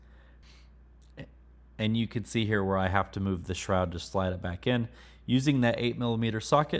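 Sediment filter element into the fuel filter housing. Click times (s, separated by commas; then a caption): 1.0 s, 1.2 s. A new plastic sediment filter element is slid into the fuel filter housing of an F250, and its two bottom tabs snap into place with small clicks at 1.0 and 1.2 seconds. Someone then talks. The element is seated.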